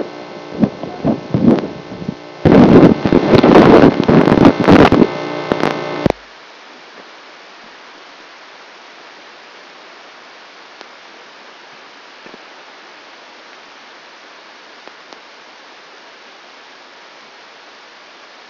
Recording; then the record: brain microelectrode recording played as sound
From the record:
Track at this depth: outside the subthalamic nucleus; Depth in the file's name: -1.081 mm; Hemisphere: left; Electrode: 2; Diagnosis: Parkinson's disease